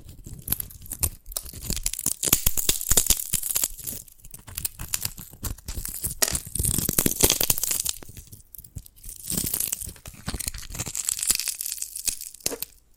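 Dalgona candy being tapped and cracked, a dense run of sharp little clicks and crackles that comes in bursts with brief quiet gaps around 1, 8 and 9 seconds. The snaps are bright and crisp, with a dry tearing, crinkly texture throughout.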